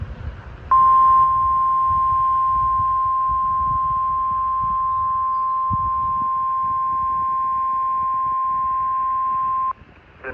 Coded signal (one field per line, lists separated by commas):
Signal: Emergency Alert System (SAME) tones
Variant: 1050 Hz attention tone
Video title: KXI42 Tornado Warning. 5/16/25 EAS #397